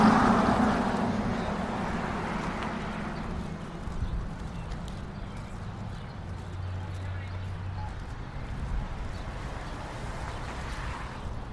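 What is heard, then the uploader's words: A street walk through Capitol Hill on the way to Eastern Market, with a steady wash of traffic and city noise. A vehicle passes loudly at the start and fades over the first few seconds, then a low engine hum and scattered clicks and footsteps continue. Sounds of Eastern Market and Capitol Hill. A walk through Capitol Hill to pick up a baguette at Eastern Market.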